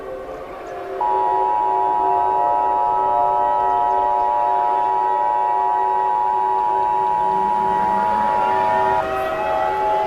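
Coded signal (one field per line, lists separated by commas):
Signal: Emergency Alert System (SAME) tones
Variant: 853 and 960 Hz attention tone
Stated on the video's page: Fictional EAS scenario using valid EAS tones.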